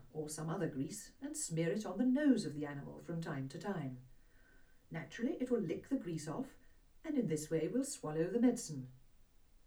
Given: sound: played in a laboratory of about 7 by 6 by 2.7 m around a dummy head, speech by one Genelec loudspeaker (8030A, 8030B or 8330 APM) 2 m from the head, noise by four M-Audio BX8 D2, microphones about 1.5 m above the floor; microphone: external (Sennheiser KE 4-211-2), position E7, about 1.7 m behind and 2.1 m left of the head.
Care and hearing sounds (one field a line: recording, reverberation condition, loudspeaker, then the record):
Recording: female speech in English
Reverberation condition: low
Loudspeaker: 90 degrees to the right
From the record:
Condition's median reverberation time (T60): about 310 ms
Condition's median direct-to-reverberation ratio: about 3.5 dB